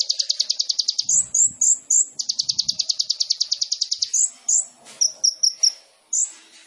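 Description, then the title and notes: Sunbird song: long fast high trills broken by sharp upslurred chips, then spaced piercing notes at the end. Indonesian masteran training recording of a sunbird singing persistently (gacor), full of isian fill-in phrases and tembakan bursts, meant as pancingan to provoke other birds. "MASTERAN KOLIBRI NINJA FULL ISIAN DAN TEMBAKAN MEWAH COCOK BUAT PANCINGAN. Suara Burung Kolibri Ninja Gacor"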